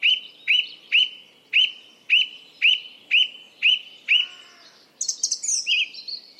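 Bird calls: short bright upslurred whistles repeated about twice a second, nine in a row, then a burst of higher jumbled chirps.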